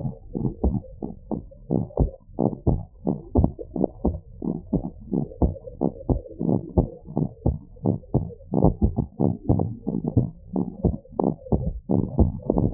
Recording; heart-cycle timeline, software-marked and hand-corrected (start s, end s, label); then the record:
heart sounds
0.00	0.02	systole
0.02	0.12	S2
0.12	0.42	diastole
0.42	0.52	S1
0.52	0.64	systole
0.64	0.76	S2
0.76	1.04	diastole
1.04	1.14	S1
1.14	1.30	systole
1.30	1.40	S2
1.40	1.72	diastole
1.72	1.84	S1
1.84	2.00	systole
2.00	2.10	S2
2.10	2.40	diastole
2.40	2.52	S1
2.52	2.68	systole
2.68	2.80	S2
2.80	3.08	diastole
3.08	3.18	S1
3.18	3.36	systole
3.36	3.50	S2
3.50	3.78	diastole
3.78	3.88	S1
3.88	4.06	systole
4.06	4.18	S2
4.18	4.48	diastole
4.48	4.58	S1
4.58	4.74	systole
4.74	4.84	S2
4.84	5.14	diastole
5.14	5.26	S1
5.26	5.42	systole
5.42	5.54	S2
5.54	5.82	diastole
5.82	5.92	S1
5.92	6.10	systole
6.10	6.20	S2
6.20	6.48	diastole
6.48	6.60	S1
6.60	6.78	systole
6.78	6.88	S2
6.88	7.18	diastole
7.18	7.28	S1
7.28	7.46	systole
7.46	7.56	S2
7.56	7.86	diastole
7.86	7.98	S1
7.98	8.16	systole
8.16	8.26	S2
8.26	8.56	diastole
8.56	8.72	S1
8.72	8.84	systole
8.84	8.94	S2
8.94	9.22	diastole
9.22	9.34	S1
9.34	9.50	systole
9.50	9.62	S2
9.62	9.92	diastole
9.92	10.02	S1
10.02	10.18	systole
10.18	10.28	S2
10.28	10.56	diastole
10.56	10.68	S1
10.68	10.86	systole
10.86	10.96	S2
10.96	11.24	diastole
11.24	11.36	S1
11.36	11.54	systole
11.54	11.64	S2
11.64	11.92	diastole
11.92	12.04	S1
12.04	12.18	systole
12.18	12.30	S2
12.30	12.56	diastole
12.56	12.70	S1
12.70	12.74	systole
From the record:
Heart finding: abnormal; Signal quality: good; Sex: male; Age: 66 years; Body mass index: 23.7